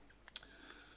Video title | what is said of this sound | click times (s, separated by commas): Build the Terminator - Part 43 & 44 - Starting on the Right Pelvis | there you go you just heard that click so that's fixed there | 0.4 s